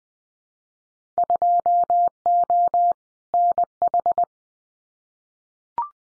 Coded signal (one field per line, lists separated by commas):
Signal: Morse code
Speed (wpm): 20 wpm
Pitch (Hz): 700 Hz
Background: none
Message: 2O NH